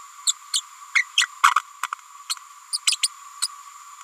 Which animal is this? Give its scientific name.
Forpus passerinus